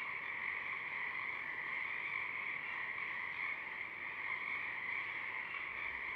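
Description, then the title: Pacific chorus frogs in a dense, continuous chorus, many overlapping calls blending into one unbroken drone. A few Pacific chorus frogs singing at dusk, recorded through a parabolic reflector. "Pacific Chorus Frogs (Pseudacris regilla), dusk, Parabolic"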